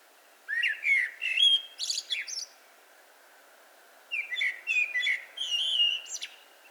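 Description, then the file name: Eurasian blackbird song in two phrases, each of melodious whistled notes followed by thin, scratchy high squeaks, with a pause of over a second between. "Turdus merula"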